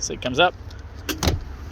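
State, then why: Seated. Someone talks as the folded rear seat back of a 2015 Honda CR-V VTi SUV is raised and pushed into its upright position. A sharp click at 1.2 s is the seat back latching into the car body's seat latch, with brief knocks just before and after it. The seat back is latched upright.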